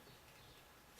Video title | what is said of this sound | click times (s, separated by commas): Custom Gaming Build - Part 6 (Motherboad and Water Cooling Block install) | Nope. I was expecting to hear like a little bit of a click or something that tells me it's in place. | none